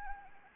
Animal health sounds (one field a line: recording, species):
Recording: mosquito wingbeat signal from an infrared sensor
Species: Anopheles gambiae